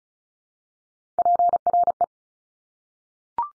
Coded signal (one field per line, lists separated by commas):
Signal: Morse code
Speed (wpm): 36 wpm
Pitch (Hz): 700 Hz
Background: none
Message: PRE